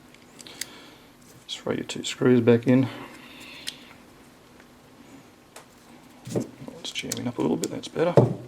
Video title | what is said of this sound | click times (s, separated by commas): ESEE Izula II review: A (slighty) Bigger Ant | it should click in home just like that straight | 0.6 s